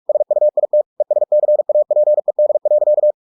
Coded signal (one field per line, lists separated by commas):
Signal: Morse code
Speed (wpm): 46 wpm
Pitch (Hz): 600 Hz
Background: none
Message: SUIT ESCAPED.